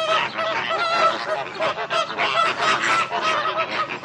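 Birds giving loud, nasal honking calls from a dense flock, overlapping continuously with rough, barking notes throughout.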